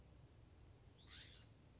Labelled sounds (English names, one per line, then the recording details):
California Scrub-Jay
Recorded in Sonoma County, California